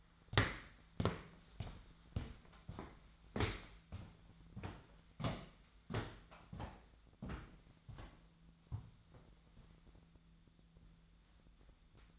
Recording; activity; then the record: daily activity, microphone in the room; walk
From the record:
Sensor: 3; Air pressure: 1008.4 hPa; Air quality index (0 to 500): 190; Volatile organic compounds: 14 ppm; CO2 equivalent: 2443 ppm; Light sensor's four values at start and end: 20/48/20/21 and 19/47/20/21